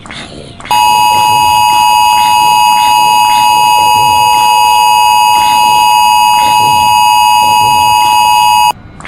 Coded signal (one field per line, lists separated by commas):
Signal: Emergency Alert System (SAME) tones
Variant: 853 and 960 Hz attention tone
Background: speech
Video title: TMYKs mini EAS Scenario Zombie Square (REUPLOAD)